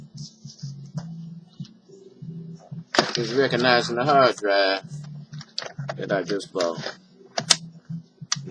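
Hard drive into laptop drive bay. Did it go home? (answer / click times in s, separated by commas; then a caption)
yes / 8.3 s. A newly bought hard drive is pushed into the drive bay of a Dell Latitude E6400 laptop while someone talks over a low steady hum, with scattered small handling taps. A sharp snap at 8.3 s marks the drive seating in the bay.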